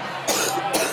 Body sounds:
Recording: coughing mixed with background sound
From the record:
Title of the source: 60 coughing still (deep and wet cough)

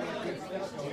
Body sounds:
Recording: coughing mixed with background sound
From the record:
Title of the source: Coughing Man Sound - Man Cough Sound Effect

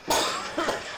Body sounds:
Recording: coughing mixed with background sound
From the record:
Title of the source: Spring Allergy Coughing

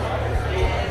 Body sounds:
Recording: background sound without coughing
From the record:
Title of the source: CITY SOUNDS Busy Bar in the Evening Night - 2 HOURS of Ambiance for Relaxation

